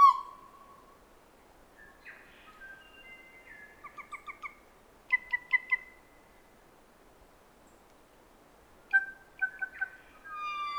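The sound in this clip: Kōkako song: a low sustained whistle, then varied phrases of short pulsed notes and whistles in bursts, ending with another whistled note.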